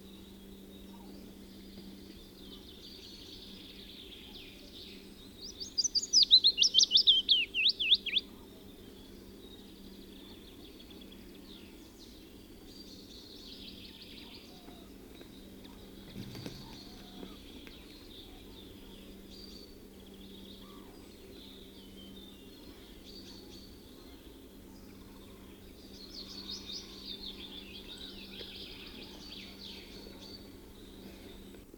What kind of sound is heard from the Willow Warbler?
song